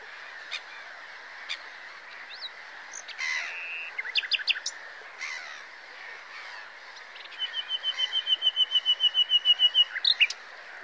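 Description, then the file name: Common nightingale song: a few scattered chips and short clicks, then a long, steady rattling run of rapid identical notes lasting nearly three seconds, over a soft hiss. "Luscinia megarhynchos"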